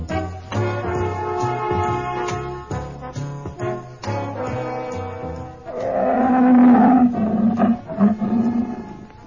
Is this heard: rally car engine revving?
no